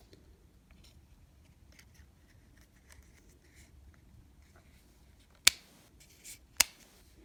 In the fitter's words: you probably hear it clicking there